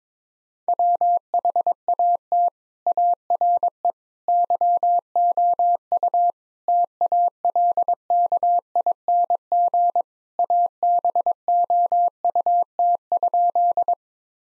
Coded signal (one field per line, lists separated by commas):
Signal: Morse code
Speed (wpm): 21 wpm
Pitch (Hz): 700 Hz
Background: none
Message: WHAT ARE YOU TALKING ABOUT?